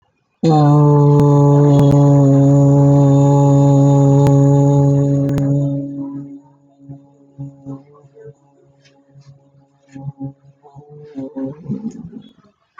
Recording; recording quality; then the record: sustained vowel as in boot; excellent, no background noise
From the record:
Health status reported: respiratory illness, not identified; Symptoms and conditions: cough, sore throat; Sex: male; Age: 19 years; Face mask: not worn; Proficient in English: yes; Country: India